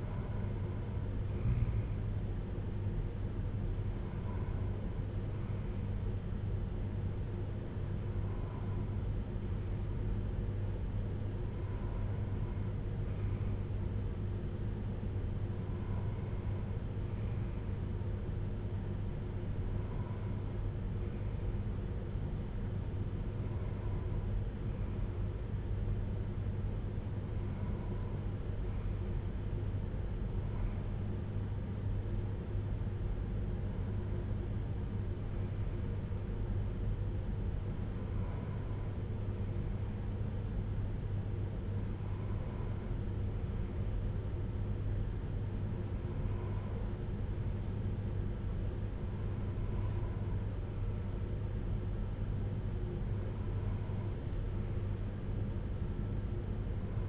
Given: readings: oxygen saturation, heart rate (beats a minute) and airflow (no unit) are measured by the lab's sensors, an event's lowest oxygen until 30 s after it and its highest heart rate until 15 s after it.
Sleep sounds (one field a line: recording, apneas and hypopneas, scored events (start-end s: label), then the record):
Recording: breathing in sleep by a smartphone at the bedside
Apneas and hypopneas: none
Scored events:
none scored
From the record:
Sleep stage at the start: N2 (light sleep)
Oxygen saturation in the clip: 93 to 95%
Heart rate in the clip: 50 to 66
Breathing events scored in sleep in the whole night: 310 in 8.1 hours asleep